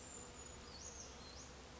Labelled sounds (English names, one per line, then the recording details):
Brown Creeper
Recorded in Sonoma County, California